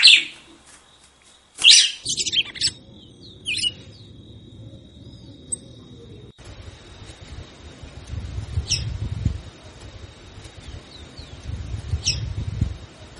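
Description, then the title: Red-cowled cardinal singing a few bright, high chirped notes in the first seconds, then softer scattered notes over a steady high whine and low rumble. "Galo De Campina"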